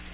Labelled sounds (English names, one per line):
Black-throated Green Warbler flight call